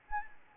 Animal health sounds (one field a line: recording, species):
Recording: mosquito wingbeat signal from an infrared sensor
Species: Anopheles gambiae